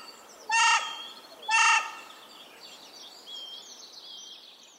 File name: Corvus corone